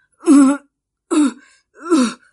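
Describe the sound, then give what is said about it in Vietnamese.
Three weak, throaty coughs from a frail, sickly older man, evenly spaced about a second apart, each a short voiced rasp with no talking around them. “Sư đàn chủ ốm yếu ho mấy tiếng.”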